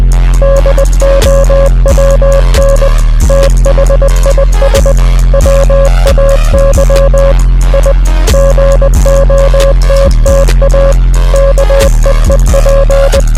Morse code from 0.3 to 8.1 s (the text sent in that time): DOWN THIS WAY I